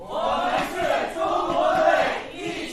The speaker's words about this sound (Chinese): 在现场嘉宾及参与者的加油助威声中，我们是中国队，一起加油！北京助威体验馆正式开馆